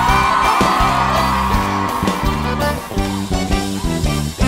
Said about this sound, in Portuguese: Dá um grito aí, vai!